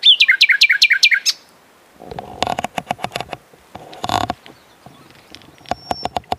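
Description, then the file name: Common nightingale song opening with a fast series of sharp descending notes, followed by loud irregular clicks and knocks. "Luscinia megarhynchos"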